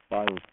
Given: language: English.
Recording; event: throat vibration sensor signal played as sound; speech